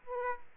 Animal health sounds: mosquito wingbeat signal from an infrared sensor; Aedes aegypti

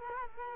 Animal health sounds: mosquito wingbeat signal from an infrared sensor; Culex quinquefasciatus

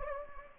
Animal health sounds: mosquito wingbeat signal from an infrared sensor; Anopheles gambiae

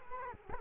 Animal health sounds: mosquito wingbeat signal from an infrared sensor; Culex quinquefasciatus

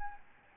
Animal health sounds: mosquito wingbeat signal from an infrared sensor; Aedes albopictus

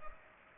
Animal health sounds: mosquito wingbeat signal from an infrared sensor; Culex pipiens

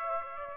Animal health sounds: mosquito wingbeat signal from an infrared sensor; Aedes aegypti

